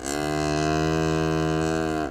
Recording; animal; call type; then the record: contact call of a hoofed animal; cattle; low-frequency (closed-mouth) or high-frequency (open-mouth) call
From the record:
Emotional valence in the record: negative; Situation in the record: full separation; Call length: 2.1 s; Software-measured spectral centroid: 2700 Hz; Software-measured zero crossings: 1500 a second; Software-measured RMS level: -24 dBFS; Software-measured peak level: -13 dBFS